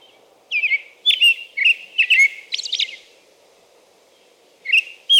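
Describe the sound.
American robin song, several clear whistled phrases in quick succession, a quiet gap of nearly two seconds, then two more phrases.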